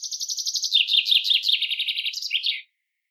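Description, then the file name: Common chaffinch song, a full rattling phrase of rapid repeated notes descending in steps and finishing with a quick emphatic flourish. "Fringilla coelebs"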